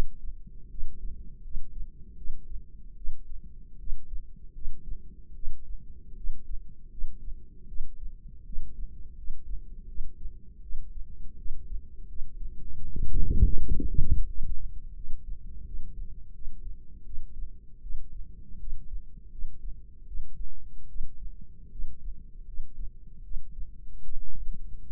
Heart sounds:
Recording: heart sounds by microphone in the left ear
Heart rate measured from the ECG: 79 bpm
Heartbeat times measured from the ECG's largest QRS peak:
0.69 s: heartbeat
1.42 s: heartbeat
2.15 s: heartbeat
2.95 s: heartbeat
3.78 s: heartbeat
4.53 s: heartbeat
5.34 s: heartbeat
6.15 s: heartbeat
6.89 s: heartbeat
7.66 s: heartbeat
8.44 s: heartbeat
9.15 s: heartbeat
9.86 s: heartbeat
10.61 s: heartbeat
11.36 s: heartbeat
12.07 s: heartbeat
12.81 s: heartbeat
13.55 s: heartbeat
14.26 s: heartbeat
14.94 s: heartbeat
15.64 s: heartbeat
16.33 s: heartbeat
17.04 s: heartbeat
17.81 s: heartbeat
18.58 s: heartbeat
19.30 s: heartbeat
20.06 s: heartbeat
20.87 s: heartbeat
21.70 s: heartbeat
22.45 s: heartbeat
23.22 s: heartbeat
24.02 s: heartbeat
24.85 s: heartbeat
From the record:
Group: healthy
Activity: rest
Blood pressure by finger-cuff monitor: 139/75 mmHg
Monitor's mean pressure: 94 mmHg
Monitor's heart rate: 80 bpm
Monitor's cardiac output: 7.2 L/min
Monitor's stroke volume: 92 mL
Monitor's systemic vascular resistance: 950 dyn s/cm5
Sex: female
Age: 22 years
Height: 154 cm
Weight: 58.7 kg

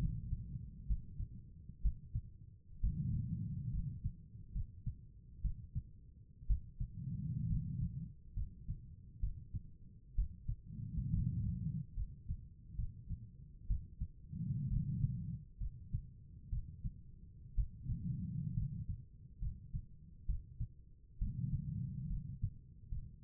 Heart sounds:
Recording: heart sounds by stethoscope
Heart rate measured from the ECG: 66 bpm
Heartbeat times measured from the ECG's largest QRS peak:
0.01 s: heartbeat
0.88 s: heartbeat
1.83 s: heartbeat
2.81 s: heartbeat
3.71 s: heartbeat
4.53 s: heartbeat
5.42 s: heartbeat
6.48 s: heartbeat
7.48 s: heartbeat
8.35 s: heartbeat
9.21 s: heartbeat
10.16 s: heartbeat
11.11 s: heartbeat
11.95 s: heartbeat
12.77 s: heartbeat
13.68 s: heartbeat
14.69 s: heartbeat
15.59 s: heartbeat
16.50 s: heartbeat
17.56 s: heartbeat
18.55 s: heartbeat
19.40 s: heartbeat
20.27 s: heartbeat
21.19 s: heartbeat
22.08 s: heartbeat
22.90 s: heartbeat
From the record:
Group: healthy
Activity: rest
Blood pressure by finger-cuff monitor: 116/68 mmHg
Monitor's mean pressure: 79 mmHg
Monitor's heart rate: 66 bpm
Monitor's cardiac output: 5.4 L/min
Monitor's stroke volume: 82 mL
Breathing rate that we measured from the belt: 16 breaths a minute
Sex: female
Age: 36 years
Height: 163 cm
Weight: 88 kg

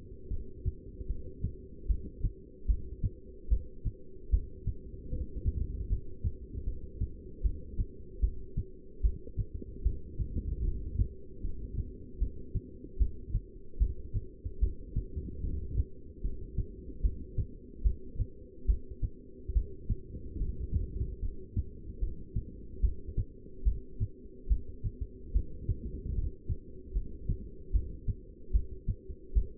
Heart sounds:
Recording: heart sounds by stethoscope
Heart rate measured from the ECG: 74 bpm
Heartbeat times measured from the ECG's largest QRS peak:
0.29 s: heartbeat
1.08 s: heartbeat
1.88 s: heartbeat
2.67 s: heartbeat
3.49 s: heartbeat
4.31 s: heartbeat
5.10 s: heartbeat
5.89 s: heartbeat
6.65 s: heartbeat
7.43 s: heartbeat
8.21 s: heartbeat
9.02 s: heartbeat
9.83 s: heartbeat
10.63 s: heartbeat
11.42 s: heartbeat
12.19 s: heartbeat
12.98 s: heartbeat
13.79 s: heartbeat
14.60 s: heartbeat
15.42 s: heartbeat
16.23 s: heartbeat
17.02 s: heartbeat
17.83 s: heartbeat
18.67 s: heartbeat
19.54 s: heartbeat
20.39 s: heartbeat
21.21 s: heartbeat
22.00 s: heartbeat
22.81 s: heartbeat
23.64 s: heartbeat
24.49 s: heartbeat
25.33 s: heartbeat
26.14 s: heartbeat
26.94 s: heartbeat
27.72 s: heartbeat
28.52 s: heartbeat
29.34 s: heartbeat
From the record:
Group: heart failure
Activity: rest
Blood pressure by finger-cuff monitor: 172/105 mmHg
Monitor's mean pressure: 128 mmHg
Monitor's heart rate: 75 bpm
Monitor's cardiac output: 7.7 L/min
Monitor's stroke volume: 104 mL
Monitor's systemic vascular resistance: 1240 dyn s/cm5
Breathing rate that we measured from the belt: 12 breaths a minute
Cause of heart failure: non-ischemic cardiomyopathy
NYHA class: 1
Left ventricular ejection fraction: 62%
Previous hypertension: present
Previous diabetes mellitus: present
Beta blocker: bisoprolol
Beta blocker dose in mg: 10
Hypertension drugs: sacubitril-valsartan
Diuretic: furosemide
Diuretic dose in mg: 20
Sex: male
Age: 49 years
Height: 167 cm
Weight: 110 kg

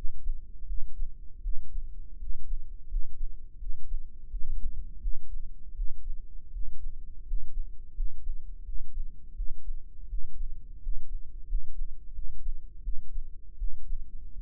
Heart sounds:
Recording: heart sounds by microphone in the right ear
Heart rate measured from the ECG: 83 bpm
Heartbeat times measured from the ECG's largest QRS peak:
0.65 s: heartbeat
1.40 s: heartbeat
2.17 s: heartbeat
2.86 s: heartbeat
3.57 s: heartbeat
4.28 s: heartbeat
4.99 s: heartbeat
5.73 s: heartbeat
6.50 s: heartbeat
7.23 s: heartbeat
7.92 s: heartbeat
8.63 s: heartbeat
9.34 s: heartbeat
10.07 s: heartbeat
10.79 s: heartbeat
11.45 s: heartbeat
12.12 s: heartbeat
12.81 s: heartbeat
13.56 s: heartbeat
14.32 s: heartbeat
From the record:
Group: healthy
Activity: rest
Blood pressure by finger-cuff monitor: 123/86 mmHg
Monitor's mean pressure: 98 mmHg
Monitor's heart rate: 84 bpm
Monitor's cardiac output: 6.3 L/min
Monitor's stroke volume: 74 mL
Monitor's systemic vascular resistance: 1140 dyn s/cm5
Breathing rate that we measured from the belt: 16 breaths a minute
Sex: male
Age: 21 years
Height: 180 cm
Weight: 67.5 kg

